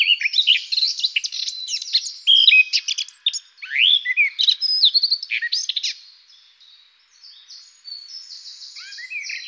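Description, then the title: Eurasian blackcap song: rapid, scratchy warbling phrases of mixed high notes for about six seconds, then a quieter, thinner chatter after a short pause. Recorded in Germany, Austria or Switzerland. "Mönchsgrasmücke"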